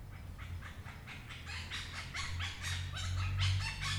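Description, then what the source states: Parakeet calls: a series of harsh notes, louder toward the end, over a low humming background. Recorded 11 March 2022.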